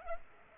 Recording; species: mosquito wingbeat signal from an infrared sensor; Culex pipiens